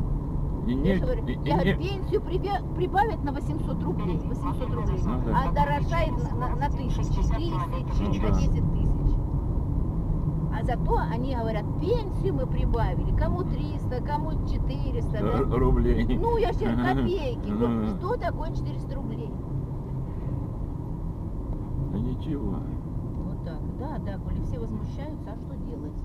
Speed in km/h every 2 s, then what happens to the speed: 49, 48, 47, 47, 46, 45, 45, 44, 43, 41, 39, 38, 33.
0-15 steady at about 46. 15-26 slows to 33.